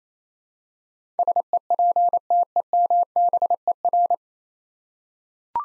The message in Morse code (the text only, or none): SEPTEMBER